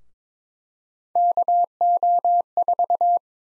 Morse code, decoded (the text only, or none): KO4